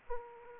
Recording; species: mosquito wingbeat signal from an infrared sensor; Aedes aegypti